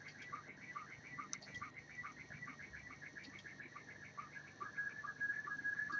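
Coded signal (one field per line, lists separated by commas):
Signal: SSTV (slow-scan television)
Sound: warbling tone steadily shifting pitch, with short low blips repeating about twice a second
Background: radio static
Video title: Video audio RX 14.230.00 SSTV USB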